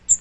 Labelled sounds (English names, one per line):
Magnolia Warbler flight call